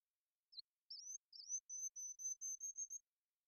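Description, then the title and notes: Ruby-crowned kinglet introductory notes: a series of very high, thin whistles repeated steadily, quiet and isolated. Series of full songs, short songs and phrases; parabolic single-species recording, clean-processed with natural rhythm, pace and dynamics kept; Pacific Northwest, Washington, United States. "BIRDSong Kinglets - RubyCrowned Kinglet Song. Ruby-crowned Kinglet, Regulus calendula, song performance with a series of full songs, short songs, and phrases. Recorded in the beautiful Pacific Northwest in Washington, Unister States"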